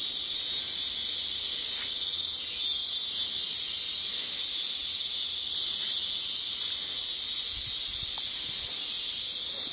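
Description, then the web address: Cicada giving a steady, high, continuous shrill drone that holds without a break, with faint low rustling underneath. At Sungai Liang, Brunei, on 9 July 2019. "shipunov. brunei 20190709 sungai liang cicada"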